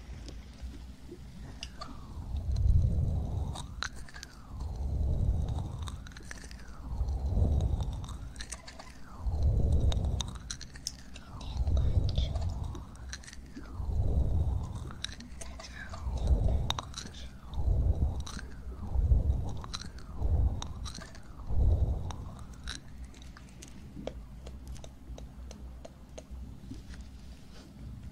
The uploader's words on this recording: ASMR Ear cleaning & Ear massage.